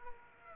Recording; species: mosquito wingbeat signal from an infrared sensor; Aedes aegypti